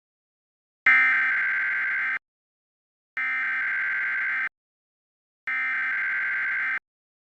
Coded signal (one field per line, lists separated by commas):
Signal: Emergency Alert System (SAME) tones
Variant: header bursts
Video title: EAS Scenario Yoopa's Shutdown